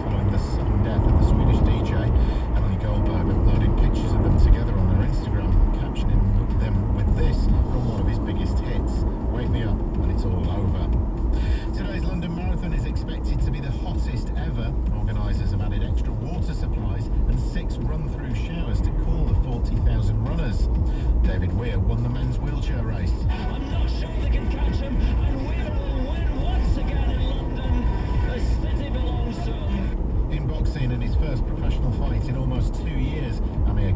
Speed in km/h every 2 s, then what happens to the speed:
97, 90, 81, 71, 61, 53, 50, 47, 45, 47, 47, 47, 48, 48, 48, 50, 50.
0-15 slows to 45. 15-34 steady at about 48.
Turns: none.